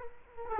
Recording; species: mosquito wingbeat signal from an infrared sensor; Culex quinquefasciatus